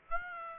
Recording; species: mosquito wingbeat signal from an infrared sensor; Aedes aegypti